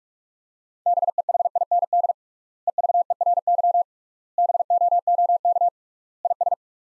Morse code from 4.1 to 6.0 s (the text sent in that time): BOOK